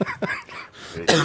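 An adult man gives a short run of dry, harsh coughs, about three quick bursts within a second, with a sharp final expulsion, live in front of an audience at the Hôtel Bedford. It is an ordinary brief cough or throat-clearing, with no wheeze or rattle heard.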